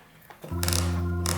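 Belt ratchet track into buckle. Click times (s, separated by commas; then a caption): 0.6 s, 0.7 s, 0.8 s. A KORE Essentials leather gun belt is fed through its ratchet buckle, and the hidden track's click stops engage with a rapid run of sharp clicks at 0.6, 0.7, 0.7 and 0.8 seconds over a steady low hum. The belt clicks into place and is seated.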